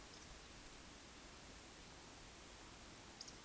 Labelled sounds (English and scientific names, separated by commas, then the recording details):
Eurasian Woodcock (Scolopax rusticola) whistle, Eurasian Woodcock (Scolopax rusticola) croak
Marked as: whistle, croak, whistle
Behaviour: display flight
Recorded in Baden-Württemberg, Germany, on 31 May 2021 at 20:15 UTC
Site 20675, 466 m above sea level